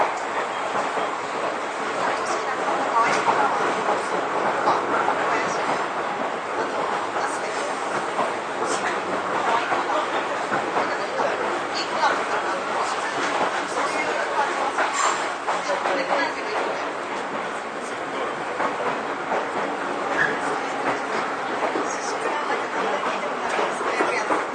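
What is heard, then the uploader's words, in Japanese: Riding aboard an Izuhakone Railway 3000 series stainless-steel train between Mishima and Shuzenji, the running noise holds steady throughout, a dense rumble and rattle with frequent small clicks from the wheels. A voice, likely an announcement or passenger speech, sits faintly underneath. 伊豆箱根鉄道3000系(ステンレス車) 三島〜修善寺。伊豆箱根鉄道駿豆線のステンレス車。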